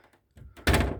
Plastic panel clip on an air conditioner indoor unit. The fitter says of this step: It just clips out.